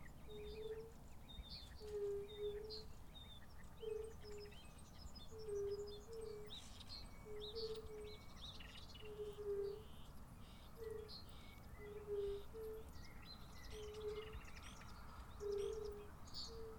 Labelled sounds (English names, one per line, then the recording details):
Fire-Bellied Toad call
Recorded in the wild
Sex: male
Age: adult
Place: Bernau bei Berlin, Barnim, Brandenburg, DE
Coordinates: 52.6633, 13.6176
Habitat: pond
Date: 2018-04-18 20:34
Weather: 20°C, clear, almost windless
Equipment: Zoom H4nSP
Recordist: Frommolt, Karl-Heinz